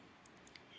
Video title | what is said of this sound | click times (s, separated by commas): New swift fog lamp installation - maruti suzuki swift 2024 - Maruti Suzuki genuine accessories - | आप देखें। . यह भी दबाव है। इसे देने के बाद इसे लॉक कर दिया जाएगा। | 0.5 s, 0.6 s